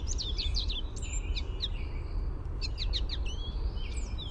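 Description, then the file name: American goldfinch contact song, quick downslurred chips and a few longer whistled notes, repeated in short clusters over low rumbling noise. Contact song, described as a "sweeet" note. "AMGO contact song sweeet"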